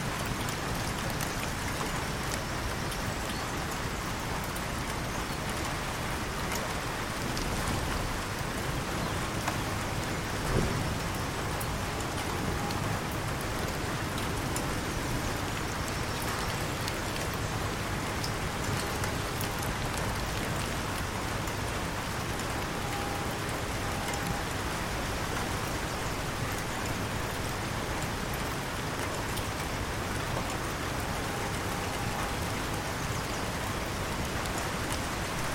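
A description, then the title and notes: Gentle rain falls steadily onto the water of a canal, a dense, even patter of countless small drops that barely changes over the whole stretch. A slightly sharper splash stands out near the ten-second mark, and a faint hum sits underneath. Gentle Rain | Raindrops on the River. Gentle raindrops kiss the surface of a serene canal.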